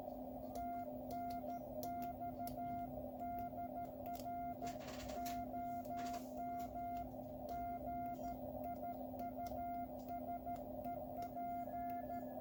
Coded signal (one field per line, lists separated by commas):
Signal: Morse code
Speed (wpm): 13 wpm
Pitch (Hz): 1400 Hz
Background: none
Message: TNXDR OM GIUSEP